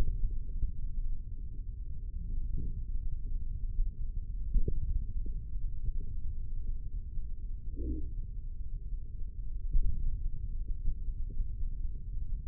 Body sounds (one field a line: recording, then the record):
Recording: forearm muscle sounds (acoustic myography)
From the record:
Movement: index flexion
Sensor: system 3, bracelet of six PUI Audio POM-2738L microphones around the upper forearm, with dedicated amplification and filtering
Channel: 5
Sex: male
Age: 55 years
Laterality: right